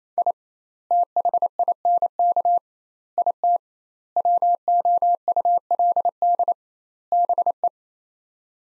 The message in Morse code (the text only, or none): I THINK IT WOULD BE